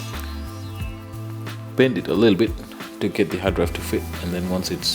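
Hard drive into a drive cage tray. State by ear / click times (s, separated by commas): not seated / none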